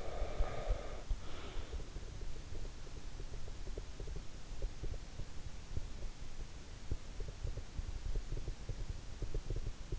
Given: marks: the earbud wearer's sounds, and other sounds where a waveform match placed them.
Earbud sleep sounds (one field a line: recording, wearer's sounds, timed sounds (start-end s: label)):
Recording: sounds in sleep by an in-ear microphone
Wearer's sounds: breath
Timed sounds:
0.00-1.85 s: breath